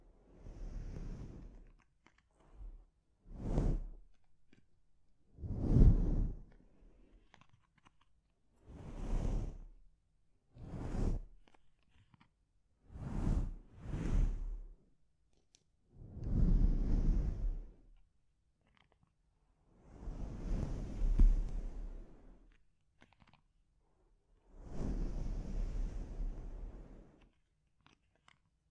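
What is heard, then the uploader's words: A scalp treatment heard up close: short, crisp bursts of rubbing and scratching come every second or two, some quick and sharp, others longer and softer like brushing through hair. Quiet pauses separate them in a small, still room. ASMR Sleep Inducing Scalp Treatment (No Talking).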